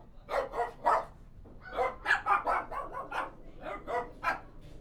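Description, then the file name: Dog barks come in clustered bursts, harsh and repeated, with a brief quiet spell before barking resumes. Recorded inside a kennel. "Kennel Interior"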